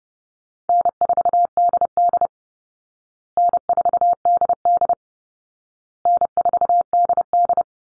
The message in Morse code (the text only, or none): N4DD N4DD N4DD